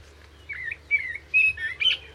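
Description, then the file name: Common blackbird giving a few short fluty whistles. "Turdus merula"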